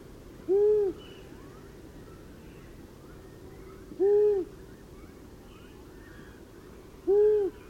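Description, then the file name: Long-eared owl calling with three deep, steady hoots at regular intervals of a little over three seconds, while faint chirps come from other birds. "Gufo Comune"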